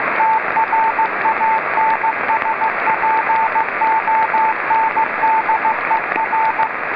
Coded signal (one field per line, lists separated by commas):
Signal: Morse code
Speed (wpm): 15 wpm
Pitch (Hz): 890 Hz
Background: radio noise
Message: TRANSPONDER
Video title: VO-52 Ham Radio Satellite - The Dutch transponder - 145860 kHz (CW)